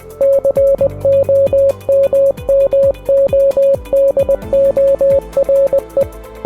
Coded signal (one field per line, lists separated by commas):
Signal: Morse code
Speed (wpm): 20 wpm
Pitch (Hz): 550 Hz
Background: music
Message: COMMODORE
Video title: RAMBO FIRST BLOOD II (EASTER EGG) Commodore 64 Game Review